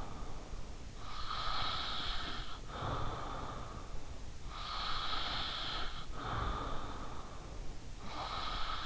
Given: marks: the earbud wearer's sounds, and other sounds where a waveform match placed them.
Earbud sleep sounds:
sounds in sleep by an in-ear microphone; breath
0.00-8.86 s: breath

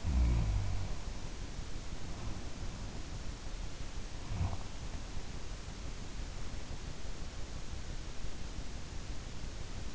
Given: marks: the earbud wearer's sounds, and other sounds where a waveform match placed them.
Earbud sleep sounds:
sounds in sleep by an in-ear microphone; snoring breath
0.00-3.00 s: snoring breath
4.13-5.27 s: snoring breath

